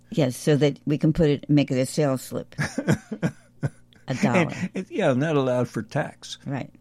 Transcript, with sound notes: Yes, so that we can put it, make it a sales slip.
(laughs)
A dollar.
And, and yeah, not allowed for tax.